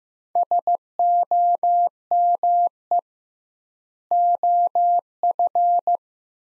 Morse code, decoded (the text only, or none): SOME OF